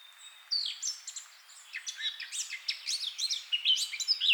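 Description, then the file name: Eurasian blackcap singing a rich, fast warble of varied whistled and chattering notes, rising in intensity toward the end. "Sylvia atricapilla"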